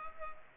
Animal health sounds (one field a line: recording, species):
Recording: mosquito wingbeat signal from an infrared sensor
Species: Culex pipiens